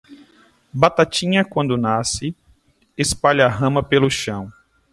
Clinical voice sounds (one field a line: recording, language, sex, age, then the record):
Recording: short text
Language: Brazilian Portuguese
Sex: male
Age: 30 to 39 years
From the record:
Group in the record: control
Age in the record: 39 years